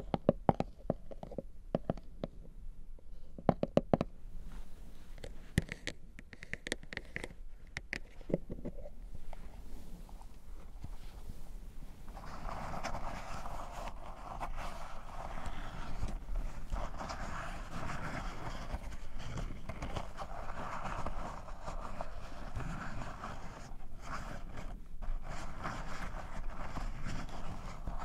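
Mouth sounds with some hand noises and honey: sharp clicks and smacks for ten seconds, then a dense, sticky smacking texture that continues steadily.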